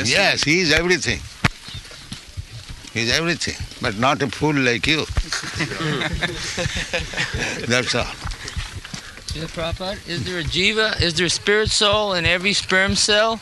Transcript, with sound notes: Yes, He is everything. He's everything---but not a fool like you. [laughter]
Śrīla Prabhupāda, is there a jīva, is there a spirit soul in every sperm cell,